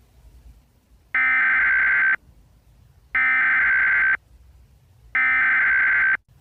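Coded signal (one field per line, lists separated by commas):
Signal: Emergency Alert System (SAME) tones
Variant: header bursts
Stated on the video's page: Fictional terror-attack EAS scenario with valid tones, fake and made for entertainment.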